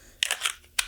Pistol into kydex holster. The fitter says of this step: it seems to snap in place.